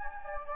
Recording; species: mosquito wingbeat signal from an infrared sensor; Anopheles gambiae